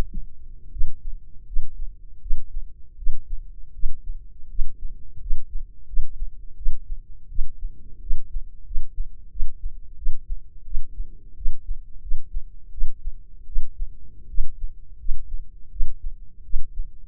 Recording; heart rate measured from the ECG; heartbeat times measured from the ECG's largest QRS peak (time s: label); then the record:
heart sounds by microphone in the left ear; 84 bpm
0.70 s: heartbeat
1.45 s: heartbeat
2.19 s: heartbeat
2.96 s: heartbeat
3.72 s: heartbeat
4.48 s: heartbeat
5.19 s: heartbeat
5.85 s: heartbeat
6.55 s: heartbeat
7.28 s: heartbeat
7.99 s: heartbeat
8.64 s: heartbeat
9.29 s: heartbeat
9.96 s: heartbeat
10.64 s: heartbeat
11.35 s: heartbeat
12.00 s: heartbeat
12.71 s: heartbeat
13.45 s: heartbeat
14.27 s: heartbeat
14.97 s: heartbeat
15.70 s: heartbeat
16.43 s: heartbeat
From the record:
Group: healthy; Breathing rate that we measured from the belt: 19 breaths a minute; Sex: female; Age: 22 years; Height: 157 cm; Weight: 47.6 kg